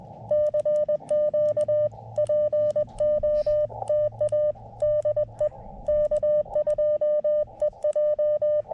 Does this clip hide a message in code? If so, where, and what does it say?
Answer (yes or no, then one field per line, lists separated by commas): yes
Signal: Morse code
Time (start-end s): 0.3-8.6 s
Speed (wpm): 21 wpm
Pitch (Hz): 1200 Hz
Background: none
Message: CQ POTA DE K2EJ